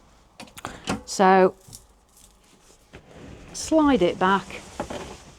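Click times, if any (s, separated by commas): none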